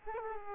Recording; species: mosquito wingbeat signal from an infrared sensor; Aedes aegypti